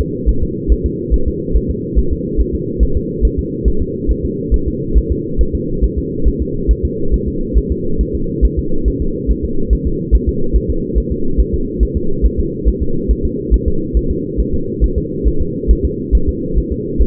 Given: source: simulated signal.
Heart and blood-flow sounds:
fetal heart sounds
0.01 s: S2
0.29 s: S1
0.43 s: S2
0.72 s: S1
0.86 s: S2
1.14 s: S1
1.28 s: S2
1.56 s: S1
1.70 s: S2
1.99 s: S1
2.12 s: S2
2.41 s: S1
2.55 s: S2
2.83 s: S1
2.97 s: S2
3.25 s: S1
3.39 s: S2
3.68 s: S1
3.82 s: S2
4.11 s: S1
4.25 s: S2
4.54 s: S1
4.68 s: S2
4.97 s: S1
5.12 s: S2
5.41 s: S1
5.55 s: S2
5.84 s: S1
5.98 s: S2
6.28 s: S1
6.42 s: S2
6.71 s: S1
6.85 s: S2
7.14 s: S1
7.28 s: S2
7.58 s: S1
7.72 s: S2
8.01 s: S1
8.15 s: S2
8.45 s: S1
8.59 s: S2
8.88 s: S1
9.02 s: S2
9.31 s: S1
9.45 s: S2
9.73 s: S1
9.87 s: S2
10.15 s: S1
10.29 s: S2
10.56 s: S1
10.70 s: S2
10.98 s: S1
11.12 s: S2
11.40 s: S1
11.54 s: S2
11.83 s: S1
11.97 s: S2
12.26 s: S1
12.40 s: S2
12.68 s: S1
12.82 s: S2
13.11 s: S1
13.25 s: S2
13.54 s: S1
13.68 s: S2
13.97 s: S1
14.11 s: S2
14.40 s: S1
14.54 s: S2
14.84 s: S1
14.98 s: S2
15.28 s: S1
15.41 s: S2
15.71 s: S1
15.85 s: S2
16.15 s: S1
16.29 s: S2
16.58 s: S1
16.72 s: S2
17.02 s: S1
From the record:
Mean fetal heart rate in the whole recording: 140 bpm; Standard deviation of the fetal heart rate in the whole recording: 2 bpm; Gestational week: 34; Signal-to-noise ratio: -8.1 dB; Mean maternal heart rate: 72 bpm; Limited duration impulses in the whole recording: present

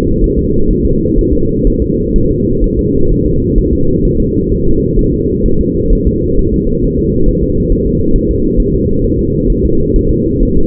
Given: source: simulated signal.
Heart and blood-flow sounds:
fetal heart sounds
0.24 s: S1
0.39 s: S2
0.71 s: S1
0.85 s: S2
1.19 s: S1
1.33 s: S2
1.67 s: S1
1.82 s: S2
2.16 s: S1
2.31 s: S2
2.64 s: S1
2.79 s: S2
3.12 s: S1
3.26 s: S2
3.58 s: S1
3.73 s: S2
4.05 s: S1
4.20 s: S2
4.52 s: S1
4.67 s: S2
4.99 s: S1
5.13 s: S2
5.46 s: S1
5.61 s: S2
5.93 s: S1
6.07 s: S2
6.39 s: S1
6.54 s: S2
6.84 s: S1
6.99 s: S2
7.29 s: S1
7.44 s: S2
7.72 s: S1
7.87 s: S2
8.16 s: S1
8.31 s: S2
8.60 s: S1
8.75 s: S2
9.04 s: S1
9.19 s: S2
9.50 s: S1
9.65 s: S2
9.96 s: S1
10.11 s: S2
10.43 s: S1
10.57 s: S2
From the record:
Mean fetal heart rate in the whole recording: 130 bpm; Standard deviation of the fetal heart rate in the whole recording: 4 bpm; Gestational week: 38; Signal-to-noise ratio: -16.4 dB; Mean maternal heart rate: 72 bpm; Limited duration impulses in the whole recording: present

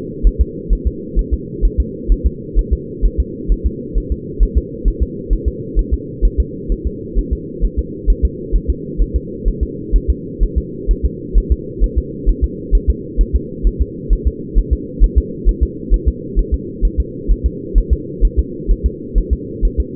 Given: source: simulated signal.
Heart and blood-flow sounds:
fetal heart sounds
0.27 s: S1
0.41 s: S2
0.73 s: S1
0.87 s: S2
1.19 s: S1
1.34 s: S2
1.65 s: S1
1.80 s: S2
2.12 s: S1
2.26 s: S2
2.59 s: S1
2.73 s: S2
3.05 s: S1
3.20 s: S2
3.52 s: S1
3.66 s: S2
3.98 s: S1
4.12 s: S2
4.43 s: S1
4.57 s: S2
4.88 s: S1
5.03 s: S2
5.33 s: S1
5.48 s: S2
5.79 s: S1
5.94 s: S2
6.25 s: S1
6.40 s: S2
6.72 s: S1
6.87 s: S2
7.19 s: S1
7.33 s: S2
7.65 s: S1
7.79 s: S2
8.10 s: S1
8.25 s: S2
8.56 s: S1
8.70 s: S2
9.01 s: S1
9.16 s: S2
9.48 s: S1
9.63 s: S2
9.96 s: S1
10.10 s: S2
10.43 s: S1
10.58 s: S2
10.91 s: S1
11.06 s: S2
11.38 s: S1
11.52 s: S2
11.84 s: S1
11.98 s: S2
12.29 s: S1
12.44 s: S2
12.75 s: S1
12.90 s: S2
13.21 s: S1
13.35 s: S2
13.67 s: S1
13.81 s: S2
14.13 s: S1
14.28 s: S2
14.58 s: S1
14.73 s: S2
15.04 s: S1
15.18 s: S2
15.49 s: S1
15.63 s: S2
15.94 s: S1
16.08 s: S2
16.39 s: S1
16.54 s: S2
16.85 s: S1
17.00 s: S2
17.31 s: S1
17.46 s: S2
17.78 s: S1
17.93 s: S2
18.25 s: S1
18.39 s: S2
18.71 s: S1
18.86 s: S2
19.18 s: S1
19.33 s: S2
19.65 s: S1
19.80 s: S2
From the record:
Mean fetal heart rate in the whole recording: 130 bpm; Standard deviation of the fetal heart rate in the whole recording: 2 bpm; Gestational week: 36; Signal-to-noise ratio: -4.1 dB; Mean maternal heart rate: no maternal heart sound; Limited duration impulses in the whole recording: absent

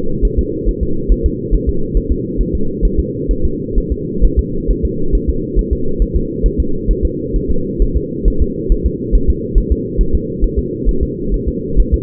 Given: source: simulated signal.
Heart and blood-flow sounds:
fetal heart sounds
0.25 s: S1
0.39 s: S2
0.69 s: S1
0.83 s: S2
1.12 s: S1
1.26 s: S2
1.54 s: S1
1.69 s: S2
1.97 s: S1
2.12 s: S2
2.41 s: S1
2.55 s: S2
2.85 s: S1
2.99 s: S2
3.31 s: S1
3.45 s: S2
3.78 s: S1
3.92 s: S2
4.25 s: S1
4.39 s: S2
4.71 s: S1
4.85 s: S2
5.15 s: S1
5.30 s: S2
5.59 s: S1
5.73 s: S2
6.02 s: S1
6.16 s: S2
6.46 s: S1
6.60 s: S2
6.91 s: S1
7.05 s: S2
7.36 s: S1
7.51 s: S2
7.82 s: S1
7.97 s: S2
8.28 s: S1
8.42 s: S2
8.72 s: S1
8.86 s: S2
9.15 s: S1
9.30 s: S2
9.58 s: S1
9.72 s: S2
10.01 s: S1
10.15 s: S2
10.44 s: S1
10.59 s: S2
10.89 s: S1
11.03 s: S2
11.34 s: S1
11.48 s: S2
11.80 s: S1
11.94 s: S2
From the record:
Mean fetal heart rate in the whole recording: 135 bpm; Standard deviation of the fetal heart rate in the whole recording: 3 bpm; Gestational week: 36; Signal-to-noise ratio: -8.1 dB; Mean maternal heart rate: 72 bpm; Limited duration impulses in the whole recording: absent

